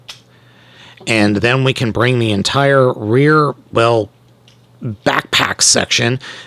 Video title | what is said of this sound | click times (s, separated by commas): IT SO GOOD! - #transformers Studio Series Gamer Edition 03 Optimus Prime | up so back to the transformation flip the entire chest up and push it back and then it will snap into place | 0.1 s